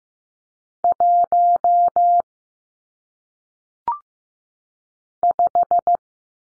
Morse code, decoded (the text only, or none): 1 5